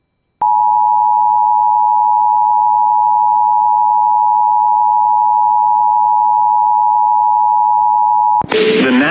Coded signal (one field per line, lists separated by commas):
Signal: Emergency Alert System (SAME) tones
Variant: 853 and 960 Hz attention tone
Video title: TOR on WJON/IP (EAS #135)